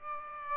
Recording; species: mosquito wingbeat signal from an infrared sensor; Aedes aegypti